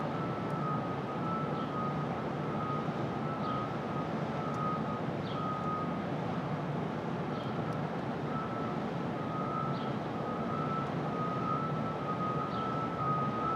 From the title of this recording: Brooklyn Dawn, 4 - 17 - 20, Street Traffic, Open Air